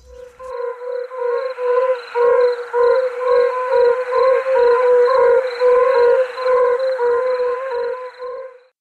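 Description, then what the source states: Yellow-bellied toads in chorus, mellow hooting notes repeated continuously, then stopping abruptly. A chorus of these toads, described as sounding impressive but not carrying far.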